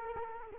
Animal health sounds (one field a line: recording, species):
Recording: mosquito wingbeat signal from an infrared sensor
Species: Culex quinquefasciatus